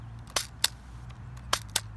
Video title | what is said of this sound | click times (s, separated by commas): HK MP7 airsoft gun review | that little click and then it pops out yeah | 0.6 s, 1.5 s